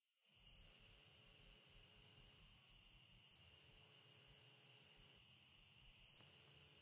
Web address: Songs of Insects. Nebraska Conehead